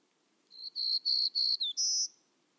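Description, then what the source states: Black-throated Green Warbler song: a short series of high notes on one pitch, a brief downslurred note, then a higher drawn-out final note. Song described as sweet and clear, but brief; called the finest songster among the warblers.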